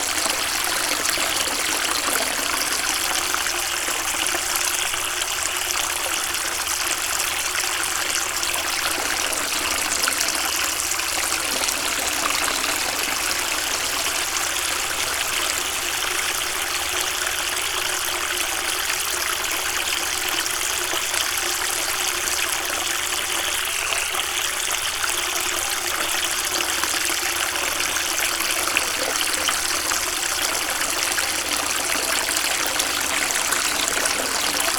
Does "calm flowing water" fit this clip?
yes